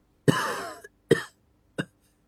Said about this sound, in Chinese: 江河本还想多绕几个圈子，冷不防对方如此直接，一口烟卡在喉咙，差点呛着，忍不住咳嗽两声。